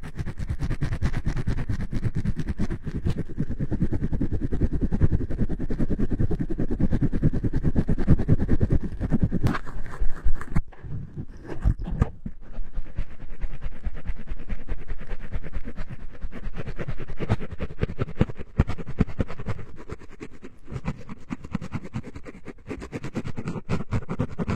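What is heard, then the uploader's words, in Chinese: Microphone rubbing produces dense, scratchy low rumbling for the first ten seconds, then sharp handling bumps and lighter, uneven scraping until the end. 麦克风摩擦。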